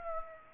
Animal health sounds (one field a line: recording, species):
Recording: mosquito wingbeat signal from an infrared sensor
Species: Aedes aegypti